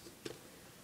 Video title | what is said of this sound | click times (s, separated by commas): DOTM Megatron voyager review | and push it up so it clicks in place | 0.3 s